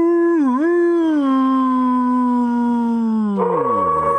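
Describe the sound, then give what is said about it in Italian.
A single long wolf howl, a steady mid-pitched wail with a brief dip near the start, holding level before sliding downward and roughening at the end. No voices. “È il lupo.”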